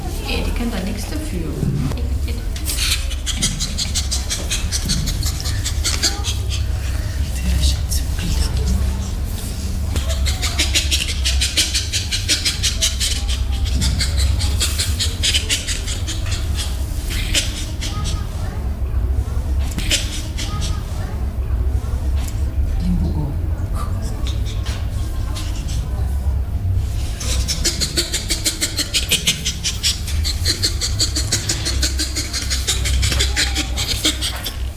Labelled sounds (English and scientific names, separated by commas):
Bonobo (Pan paniscus)